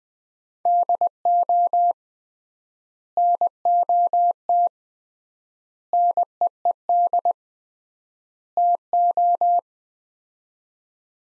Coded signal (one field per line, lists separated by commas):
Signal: Morse code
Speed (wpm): 21 wpm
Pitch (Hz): 700 Hz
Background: none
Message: DO NOT NEED TO